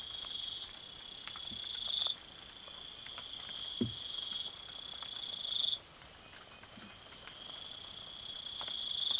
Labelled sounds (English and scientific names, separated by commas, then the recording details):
none
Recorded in pastures near Puerto Asís, Putumayo, Colombia, on 19 June 2025 at 03:30
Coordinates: 0.487, -76.322
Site H26